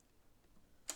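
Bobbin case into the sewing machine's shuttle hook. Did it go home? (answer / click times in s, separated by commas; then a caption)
yes / 0.9 s. A metal bobbin case, turned so its finger points at 12 o'clock, is pushed onto the shuttle hook of a vintage Pfaff sewing machine with the latch lever open. Quiet low handling noise leads to a single sharp, bright click at 0.9 s as the bobbin case seats in place.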